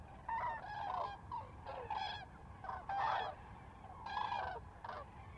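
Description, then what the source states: Common cranes giving clear, loud trumpeting bugles in distinct bursts, several birds overlapping, over quiet low background noise. Common cranes in a close fly-by at Lac du Der, France, recorded 10 January 2021.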